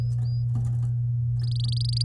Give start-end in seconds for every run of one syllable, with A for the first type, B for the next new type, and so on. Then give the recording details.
1.39-2.04 A. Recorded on 10 May 2018 at 12:34. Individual llb16